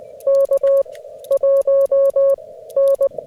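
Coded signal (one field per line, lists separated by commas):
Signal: Morse code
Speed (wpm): 18 wpm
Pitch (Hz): 540 Hz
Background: music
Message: K1N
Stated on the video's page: Difficult QRP CW POTA activation at the Kentucky Horse Park using an FT-891, ZM-2 tuner and 9:1 end-fed random wire, with poor band conditions or a possible contest.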